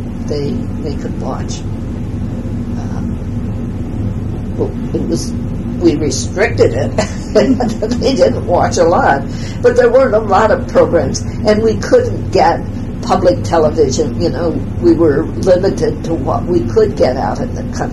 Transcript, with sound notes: they could watch. We restricted it. [laughs] They didn't watch a lot. But there were a lot of programs and we couldn't get public television, we were limited to watch we could get out in the country.